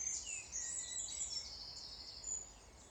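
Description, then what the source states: Bird song, a continuous high twittering with thin whistled notes, over a steady hiss of wind. Wind blowing.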